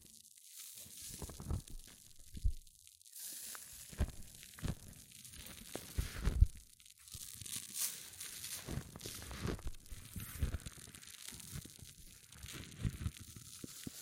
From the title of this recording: Extreme Fizzing Tingles Hair Mousse Sounds